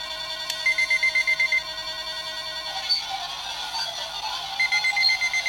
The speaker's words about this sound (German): Du mach ich einfach meinen Wecker an.